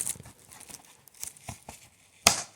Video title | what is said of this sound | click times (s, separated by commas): Is this the best track in world? | hear that so that really does click solidly into place it's good solid track | 2.3 s